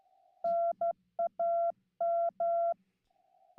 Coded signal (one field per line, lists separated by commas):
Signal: Morse code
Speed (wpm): 12 wpm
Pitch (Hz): 680 Hz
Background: none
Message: NAM